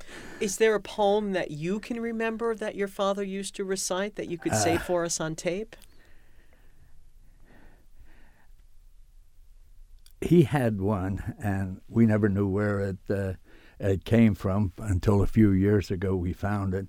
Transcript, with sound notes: Is there a poem that you can remember that your father used to recite that you could say for us on tape?
(he pauses) He had one and we never knew where it, it came from until a few years ago we found it.